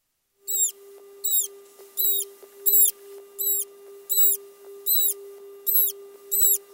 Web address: Natures Songs S America Mammals of the Rainforest Amazonian Manatee